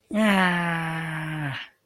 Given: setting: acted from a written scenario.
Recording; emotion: vocal sound without words; triumph